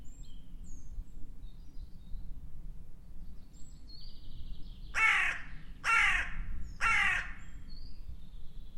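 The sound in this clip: Bird calls: after a quiet stretch of faint whistles, three loud, rasping caws come at roughly one-second intervals over low rumbling noise.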